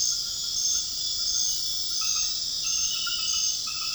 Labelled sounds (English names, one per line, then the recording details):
none
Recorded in dense forest near Puerto Asís, Putumayo, Colombia, on 18 February 2024 at 21:30
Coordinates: 0.502, -76.324
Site G6370